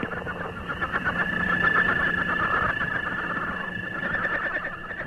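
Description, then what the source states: Northern leopard frog mating call, rough pulsed rattling trills running continuously at a fast rate, with a steady high tone and a faint low hum underneath. Mating call, played as an example of frog mating calls or love songs.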